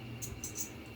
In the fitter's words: place the base plate locks into place and